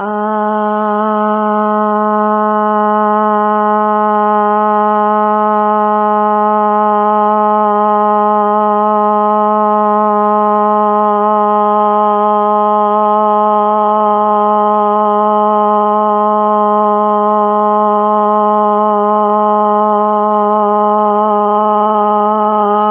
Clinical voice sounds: sustained vowel /a/; female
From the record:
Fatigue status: fatigue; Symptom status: symptomatic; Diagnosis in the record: COVID-19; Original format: 3gp

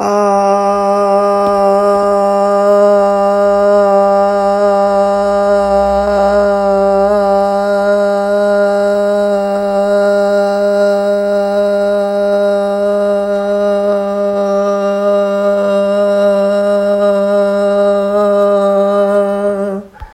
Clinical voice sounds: sustained vowel /a/; female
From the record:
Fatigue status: no fatigue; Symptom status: asymptomatic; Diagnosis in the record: COVID-19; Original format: m4a

